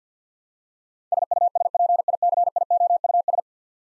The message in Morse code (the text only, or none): SUSPICIOUS